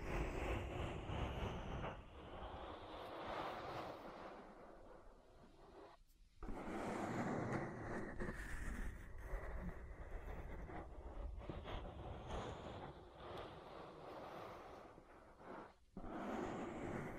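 An ear massage: thick, continuous rubbing and rushing with a deep, muffled rumble underneath, the strokes shifting in texture without a steady rhythm. The sound cuts out briefly around six seconds and again near sixteen, then resumes at full fullness.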